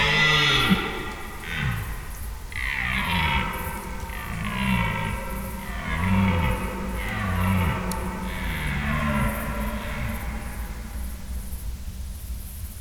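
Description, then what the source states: Red deer stag roars repeatedly, a long series of short deep grunting bellows. Red deer stags calling overnight during the rut in Schönbuch near Tübingen, Germany, September 2023.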